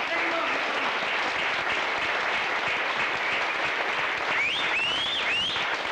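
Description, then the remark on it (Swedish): Sustained audience applause at a Sverigedemokraterna political meeting in Sweden, a dense steady roar of many hands clapping that holds at an even loudness throughout, with a few faint whistles rising above it near the end. “Ge honom en rungande applåd.”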